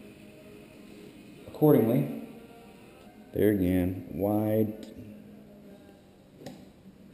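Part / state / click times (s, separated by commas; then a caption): speaker wire connector onto motorcycle speaker terminal / seated / 6.5 s. A polarized spade connector on a speaker lead, one narrow and one wide, is pushed onto the terminal of a Hogtunes motorcycle speaker being installed on a 1998-2013 Harley Davidson Touring. Someone talks, then a short, sharp snap at 6.5 s marks the connector seating on the terminal.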